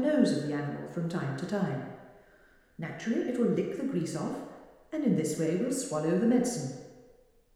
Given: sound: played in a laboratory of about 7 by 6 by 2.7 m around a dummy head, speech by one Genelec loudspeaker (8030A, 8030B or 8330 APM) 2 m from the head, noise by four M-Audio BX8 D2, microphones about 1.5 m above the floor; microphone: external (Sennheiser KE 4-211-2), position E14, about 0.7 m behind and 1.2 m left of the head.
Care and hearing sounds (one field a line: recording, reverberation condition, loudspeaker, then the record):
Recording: female speech in English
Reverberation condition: high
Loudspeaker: 90 degrees to the left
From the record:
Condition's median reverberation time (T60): about 1300 ms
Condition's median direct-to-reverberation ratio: about -4.0 dB